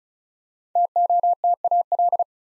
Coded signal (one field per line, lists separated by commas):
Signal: Morse code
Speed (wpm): 36 wpm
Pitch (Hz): 700 Hz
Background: none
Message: TOTAL